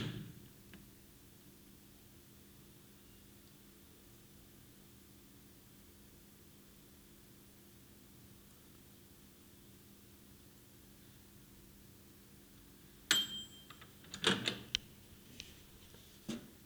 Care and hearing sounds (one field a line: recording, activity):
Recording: daily activity, guitar pickup as the sensor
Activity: use microwave